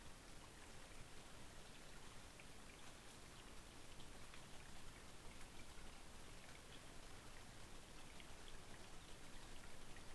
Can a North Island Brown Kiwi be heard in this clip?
no